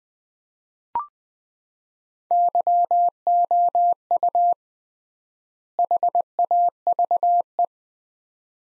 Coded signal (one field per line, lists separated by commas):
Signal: Morse code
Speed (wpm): 20 wpm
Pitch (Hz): 700 Hz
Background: none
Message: YOU HAVE